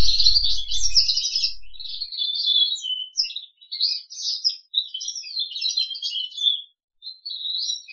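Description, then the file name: Crested canary song, a rapid chatter of trills and twittering phrases with short gaps, with a low thumping noise in the first two seconds. "audio kenari jambul"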